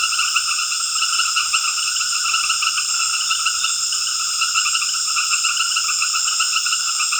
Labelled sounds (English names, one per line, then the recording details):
none
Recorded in secondary vegetation near Puerto Asís, Putumayo, Colombia, on 8 March 2025 at 19:00
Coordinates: 0.488, -76.319
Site G095